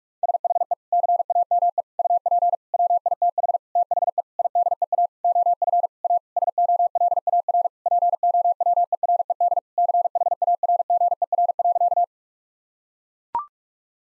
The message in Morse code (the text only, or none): SHE CAME UP WITH THE IDEA OF A SOLAR POWERED CHARGER.